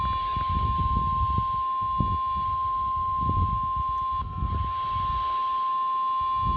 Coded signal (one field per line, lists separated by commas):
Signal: Emergency Alert System (SAME) tones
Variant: 1050 Hz attention tone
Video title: UNRELENTING STORMS... EAS Alerts from 7/12-7/13/21 (EAS #417-464)